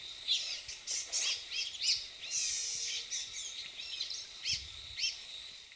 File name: Gobemoucheron a face blanche Polioptila albiloris